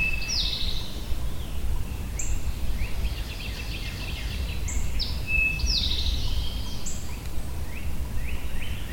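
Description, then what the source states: Birds chirping and whistling in overlapping bursts, with descending sweeps and a few clear pure notes, above a low background rumble. Birds recorded at Shawnee.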